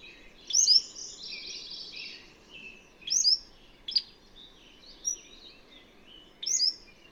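Bird song: high chirps and sweeping whistles, with a rapid trilled phrase near the start and a few sharp notes, over a steady hiss.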